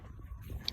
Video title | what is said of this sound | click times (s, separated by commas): Airstream 16 sport walkthrough | You hear that click? That means we're locked in. | 0.7 s